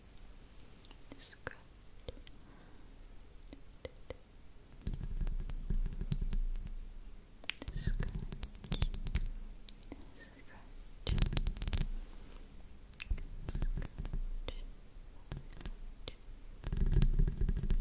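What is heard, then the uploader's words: Hand movements and scratching against a face make soft, dry rubbing sounds with scattered sharp clicks and ticks throughout. Thicker, louder bursts of scratching come around 5–8 seconds, near 11 seconds, and again at the end, over a low steady murmur. ASMR Scratching Your Face Hand Movements & Personal Attention.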